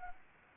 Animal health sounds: mosquito wingbeat signal from an infrared sensor; Anopheles arabiensis

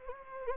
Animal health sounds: mosquito wingbeat signal from an infrared sensor; Anopheles gambiae

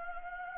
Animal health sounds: mosquito wingbeat signal from an infrared sensor; Anopheles gambiae

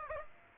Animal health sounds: mosquito wingbeat signal from an infrared sensor; Aedes aegypti

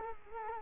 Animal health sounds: mosquito wingbeat signal from an infrared sensor; Culex quinquefasciatus

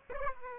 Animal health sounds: mosquito wingbeat signal from an infrared sensor; Aedes aegypti

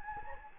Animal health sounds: mosquito wingbeat signal from an infrared sensor; Anopheles gambiae

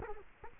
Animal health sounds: mosquito wingbeat signal from an infrared sensor; Culex quinquefasciatus

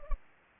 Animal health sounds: mosquito wingbeat signal from an infrared sensor; Anopheles arabiensis

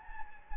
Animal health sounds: mosquito wingbeat signal from an infrared sensor; Anopheles gambiae

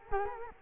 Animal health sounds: mosquito wingbeat signal from an infrared sensor; Culex quinquefasciatus

